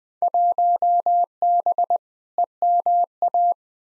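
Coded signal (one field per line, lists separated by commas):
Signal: Morse code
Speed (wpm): 20 wpm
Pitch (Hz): 700 Hz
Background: none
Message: 1B EMA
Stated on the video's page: Field Day contest exchange practice at 20 wpm, each exchange sent in Morse, spoken, then sent again.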